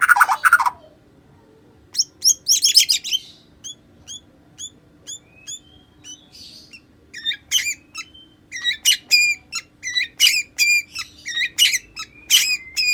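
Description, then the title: White-rumped shama song: an opening harsh burst, then sparse sharp high ticks and thin notes building into quick repeated chipping phrases. "murai batu"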